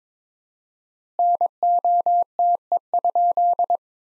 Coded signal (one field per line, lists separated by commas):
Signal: Morse code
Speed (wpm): 22 wpm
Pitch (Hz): 700 Hz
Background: none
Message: NOTE?